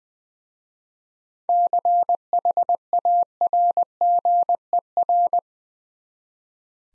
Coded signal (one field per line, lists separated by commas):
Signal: Morse code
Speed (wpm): 20 wpm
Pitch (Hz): 700 Hz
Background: none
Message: CHARGER